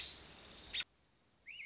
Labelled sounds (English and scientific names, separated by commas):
American Robin (Turdus migratorius)